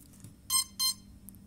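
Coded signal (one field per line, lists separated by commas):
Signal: beep code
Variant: quadcopter ESC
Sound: two short, buzzy electronic beeps about a quarter second apart, harmonics-rich tone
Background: quiet room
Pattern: 2 short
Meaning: Full throttle registered during ESC calibration; now lower the throttle stick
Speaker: those two beeps there, and push it down.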